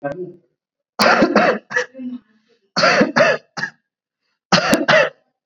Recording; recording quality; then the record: shallow voluntary cough; excellent, no background noise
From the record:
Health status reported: COVID-19 positive, mild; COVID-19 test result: positive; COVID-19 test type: rapid antigen test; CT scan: not taken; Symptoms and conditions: cough, fever, fatigue, muscle pain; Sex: male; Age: 20 years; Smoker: no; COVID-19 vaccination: both doses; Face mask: worn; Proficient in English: yes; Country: India